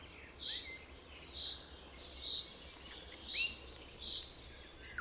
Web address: chant didier collin rossignol philomele